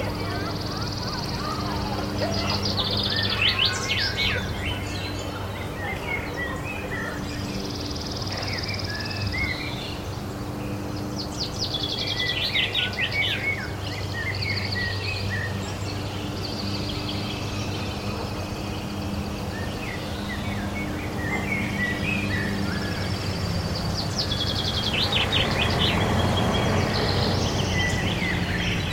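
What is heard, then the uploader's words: Birds chirp and trill steadily across the whole stretch, bright calls that come in clusters every few seconds. Beneath them runs a constant low hum with a soft outdoor rumble that swells slightly near the end. Lazy Summer Afternoon Park Ambience. It's a slow afternoon in the summer.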